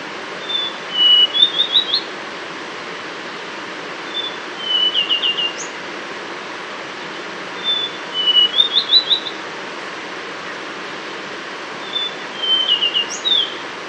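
Brown scrub robin repeating brief phrases of high whistles ending in rapid slurred notes, roughly every three to four seconds, with constant faint hiss behind.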